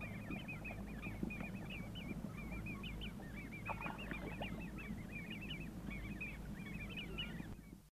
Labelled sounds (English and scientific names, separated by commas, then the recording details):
Great Crested Grebe (Podiceps cristatus) begging call
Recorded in the wild
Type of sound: begging call
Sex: diverse
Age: diverse
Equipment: Halbspur, 9,5 cm/s
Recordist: Lütgens, Hans
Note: Fast erwachsene betteln noch